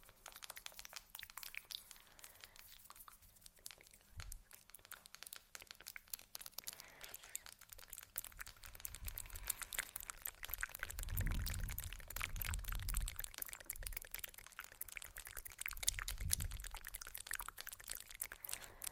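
Dense crinkly touching and tapping sounds fill the recording, a constant fizz of tiny crackles and rustles. From about ten seconds the texture thickens, with soft low thumps swelling near eleven and sixteen seconds.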